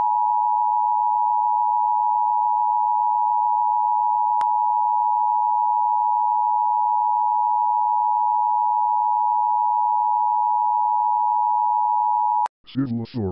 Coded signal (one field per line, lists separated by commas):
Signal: Emergency Alert System (SAME) tones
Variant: 853 and 960 Hz attention tone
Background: speech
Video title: EAS Scenario: Ready Set Learn